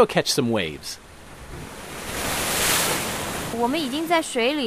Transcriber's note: ocean/splashing sounds